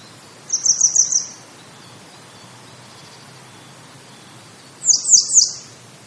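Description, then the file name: Grey wagtail: a quick run of four high ticking notes, a long gap, then three fuller, sharper chirps, over low steady background hiss. "kisekirei"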